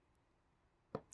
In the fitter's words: You just heard it pop open.